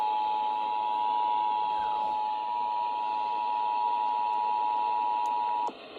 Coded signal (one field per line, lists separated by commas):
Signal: Emergency Alert System (SAME) tones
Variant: 853 and 960 Hz attention tone